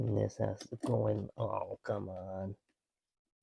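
A latch bar inside a laptop chassis is handled during reassembly after swapping in a Timetec 2.5-inch SATA SSD, while someone talks until about 2.6 seconds, followed by near silence. Nothing has seated or clicked yet; the latch bar is not yet locked into place.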